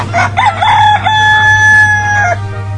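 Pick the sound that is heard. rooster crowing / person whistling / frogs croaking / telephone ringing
rooster crowing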